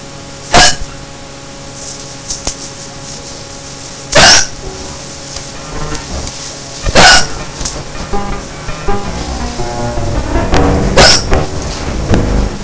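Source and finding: Adult. Hiccups.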